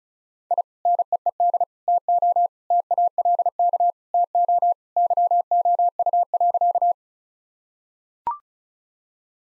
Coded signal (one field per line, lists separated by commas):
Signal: Morse code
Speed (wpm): 36 wpm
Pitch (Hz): 700 Hz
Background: none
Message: I NEED TO TALK TO YOU.